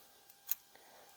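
A camera mount is pressed into a titanium belt clip. A faint tick at 0.3 s comes before a sharp, bright click at 0.5 s as the mount seats, followed by a soft tap near 0.8 s.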